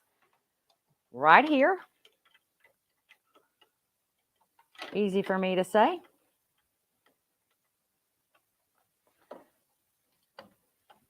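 A small free-motion foot is handled as it is fitted onto a sewing machine, with faint light ticks and a few slightly sharper taps near 9.3 s and 10.4 s between two bursts of someone talking. The foot has not snapped into place yet; nothing has seated or clicked by the end.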